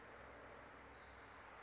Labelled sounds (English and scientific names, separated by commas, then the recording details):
Orange-crowned Warbler (Leiothlypis celata)
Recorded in Sonoma County, California